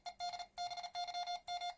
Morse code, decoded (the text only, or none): ED BYM